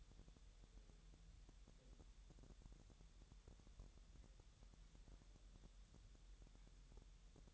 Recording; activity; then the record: daily activity, microphone in the room; wipe stove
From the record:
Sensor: 3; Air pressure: 1000.9 hPa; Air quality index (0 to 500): 249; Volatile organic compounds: 178 ppm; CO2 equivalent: 4134 ppm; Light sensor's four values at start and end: 12/28/11/11 and 12/27/11/11